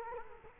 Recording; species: mosquito wingbeat signal from an infrared sensor; Culex quinquefasciatus